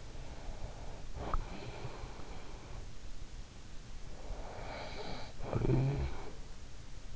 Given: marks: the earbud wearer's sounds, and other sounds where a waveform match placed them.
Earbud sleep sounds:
sounds in sleep by an in-ear microphone; breath, snoring breath
0.03-2.78 s: breath
4.07-6.42 s: snoring breath

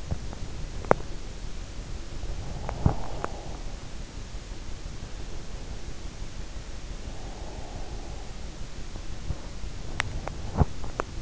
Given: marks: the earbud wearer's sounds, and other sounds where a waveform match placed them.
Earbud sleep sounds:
sounds in sleep by an in-ear microphone; teeth grinding, breath
0.00-1.16 s: teeth grinding
2.62-3.45 s: teeth grinding
2.62-3.70 s: breath
6.98-8.72 s: breath
9.77-11.22 s: teeth grinding

